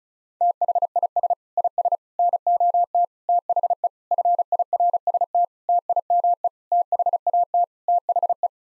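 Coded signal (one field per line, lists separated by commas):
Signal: Morse code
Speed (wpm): 36 wpm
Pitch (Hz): 700 Hz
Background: none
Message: THIS IS NOT THE FIRST TIME THAT THE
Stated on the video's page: Morse practice sending sets of 8-word groups at 35 wpm for head-copy, each set sent, spoken, then sent again.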